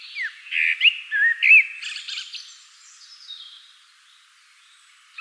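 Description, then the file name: Common blackbird song: several rich whistled notes and a brief twitter, then near silence until a final note. "Turdus merula"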